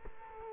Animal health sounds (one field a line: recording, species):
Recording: mosquito wingbeat signal from an infrared sensor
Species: Culex quinquefasciatus